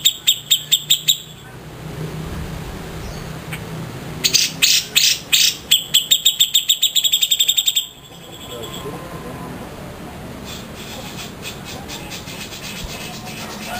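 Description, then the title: Grey-cheeked Bulbul song: a short burst of rapid chirps, a pause, then a longer series of ringing notes, with faint chirping afterward. "Cucak Jenggot"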